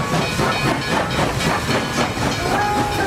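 A steady, loud hiss of steam fills the scene, with faint rumbling and metallic tones of a train waiting at Montparnasse station in Paris on a Saturday night, and no voices present.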